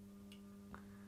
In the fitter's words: did we get it I think so I heard the click